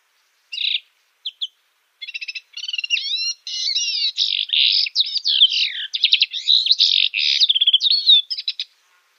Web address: Schulze Peter Syrian Serin song